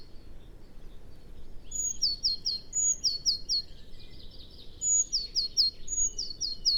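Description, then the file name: Eurasian blue tit repeating a bright phrase: a high piping note, then three rapid lower notes, delivered four times with pauses, against soft background hiss. "Cyanistes caeruleus"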